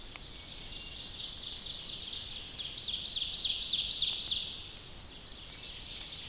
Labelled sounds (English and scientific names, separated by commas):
Ovenbird (Seiurus aurocapilla) song